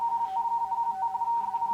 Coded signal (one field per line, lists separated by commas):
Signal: RTTY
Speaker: okay so I'm now listening to station 9a1a